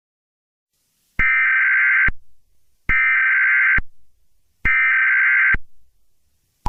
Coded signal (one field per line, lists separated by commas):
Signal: Emergency Alert System (SAME) tones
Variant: header bursts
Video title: EAS Scenario: Ghost Formula 1 the bad guys First 6 Opening scene